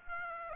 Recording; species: mosquito wingbeat signal from an infrared sensor; Aedes aegypti